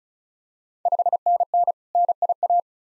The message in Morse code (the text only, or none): 5NN NIA